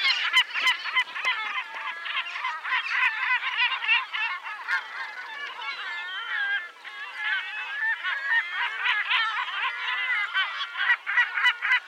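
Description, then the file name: Yellow-legged gull calls from many birds at once, a dense chorus of harsh, nasal, honking cries overlapping without pause, with sharp clicks scattered throughout. "Goéland leucophée (Larus michahellis) - Cris et chants"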